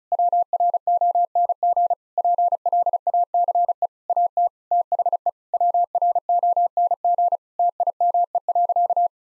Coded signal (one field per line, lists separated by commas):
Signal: Morse code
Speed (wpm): 34 wpm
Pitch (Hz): 700 Hz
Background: none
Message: WRONG PLACE AT THE WRONG TIME.